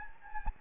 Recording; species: mosquito wingbeat signal from an infrared sensor; Anopheles gambiae